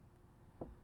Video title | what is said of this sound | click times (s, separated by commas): How to Replace Door Speakers for a Nissan Frontier. | and it looks like they are that's perfect and all you gotta do is push against it that's a snap we're looking for and | 0.6 s